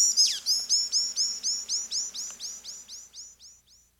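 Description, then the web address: Olive tanager song: a rapid series of high, down-slurred notes, fading toward the end. South America. "Natures Songs S America Olive Tanager"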